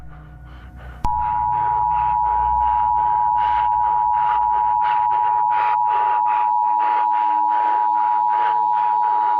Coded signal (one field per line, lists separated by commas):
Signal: Emergency Alert System (SAME) tones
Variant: 853 and 960 Hz attention tone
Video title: EAS scenario:skynet AI (analog horror) an shout out to equillibriumfilms because this is his vid￼